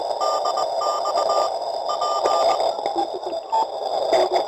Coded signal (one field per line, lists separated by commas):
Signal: Morse code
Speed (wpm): 20 wpm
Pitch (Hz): 1200 Hz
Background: radio noise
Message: DX P